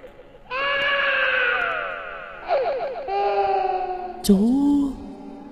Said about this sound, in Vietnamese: Bỗng nhiên là có tiếng khóc. Là có tiếng khóc.